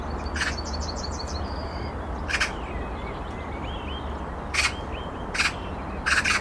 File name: Pica pica